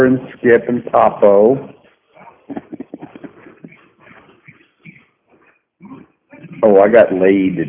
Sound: laugh